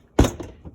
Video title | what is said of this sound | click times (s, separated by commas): How to put your Kenmore Dishwasher back together | till it clicks it | 0.2 s